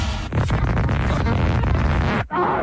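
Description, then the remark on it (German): A loud, dense radio intro jingle of booming, crashing sound design fills the whole stretch, cuts out abruptly for an instant near the end, then surges back. “So, ansonsten knallen wir jetzt hier erstmal das Intro-Ding drin und dann machen wir nochmal die Ausgangsposition klar.”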